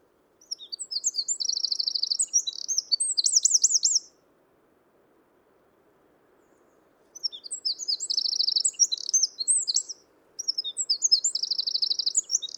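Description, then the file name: Eurasian wren song: loud, rapid high bursts of trills and warbling notes lasting about three to four seconds, repeated after pauses, with three bouts heard, the last cut off at the end. "Troglodytes troglodytes"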